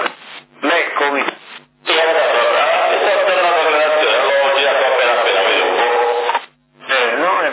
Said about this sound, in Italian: quello è un eco che dà l'effetto cattedrale, lui ti serve bello adesso? Se c'è un eco vabbè, dà l'effetto cattedrale